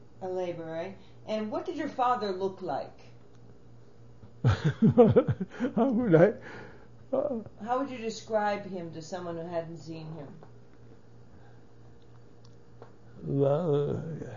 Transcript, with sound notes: A laborer. And what did your father look like?
(he laughs) How would I...
How would you describe him to someone who hasn't seen him?
Well,